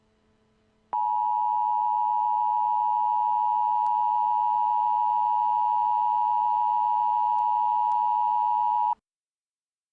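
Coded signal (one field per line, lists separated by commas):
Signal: Emergency Alert System (SAME) tones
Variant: 853 and 960 Hz attention tone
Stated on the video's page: Fictional EAS scenario about a dust storm in Arizona.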